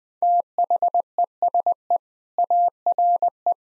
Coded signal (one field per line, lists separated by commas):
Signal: Morse code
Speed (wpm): 20 wpm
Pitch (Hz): 700 Hz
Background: none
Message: THESE ARE